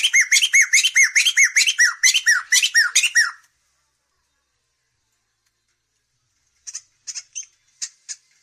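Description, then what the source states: Cage bird song of fast repeated squawky chirps, each dropping then rising sharply, for three seconds, then silence and a few brief high chirps. Masteran, a compilation of training songs for cage birds.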